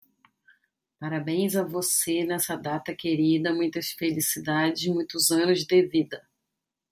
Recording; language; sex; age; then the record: short text; Brazilian Portuguese; female; 40 to 49 years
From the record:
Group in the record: control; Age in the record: 44 years